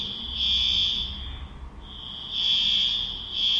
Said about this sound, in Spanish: Es una alarma. Dice, interna. ¡Ya vamos comiendo! ¿Por qué una alarma? ¿Hasta ahora?